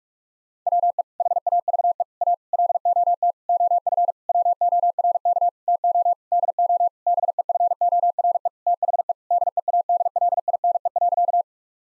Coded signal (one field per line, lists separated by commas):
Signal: Morse code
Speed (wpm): 46 wpm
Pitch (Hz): 700 Hz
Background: none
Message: WE HAVE A LOT OF WORK TO DO BEFORE THE DEADLINE.